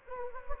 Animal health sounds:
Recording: mosquito wingbeat signal from an infrared sensor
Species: Anopheles gambiae

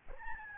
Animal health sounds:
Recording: mosquito wingbeat signal from an infrared sensor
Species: Aedes albopictus

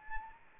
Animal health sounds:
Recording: mosquito wingbeat signal from an infrared sensor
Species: Anopheles arabiensis

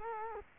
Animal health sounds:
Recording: mosquito wingbeat signal from an infrared sensor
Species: Culex quinquefasciatus

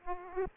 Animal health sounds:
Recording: mosquito wingbeat signal from an infrared sensor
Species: Aedes aegypti

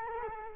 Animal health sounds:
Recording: mosquito wingbeat signal from an infrared sensor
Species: Culex quinquefasciatus

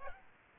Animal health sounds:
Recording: mosquito wingbeat signal from an infrared sensor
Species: Aedes aegypti

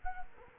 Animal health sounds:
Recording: mosquito wingbeat signal from an infrared sensor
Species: Culex quinquefasciatus

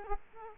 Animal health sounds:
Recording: mosquito wingbeat signal from an infrared sensor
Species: Culex quinquefasciatus

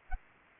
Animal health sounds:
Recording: mosquito wingbeat signal from an infrared sensor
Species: Anopheles arabiensis

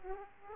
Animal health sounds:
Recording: mosquito wingbeat signal from an infrared sensor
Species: Aedes aegypti

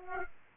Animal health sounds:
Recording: mosquito wingbeat signal from an infrared sensor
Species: Aedes aegypti

